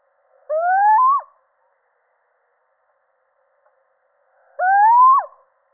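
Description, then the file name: Little owl delivering a pair of rising, somewhat nasal calls about four seconds apart, each one ending in a brief downward slur. Male. "Sycek obecny samec"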